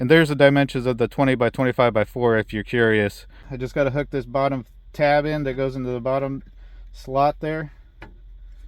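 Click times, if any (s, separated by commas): 8.0 s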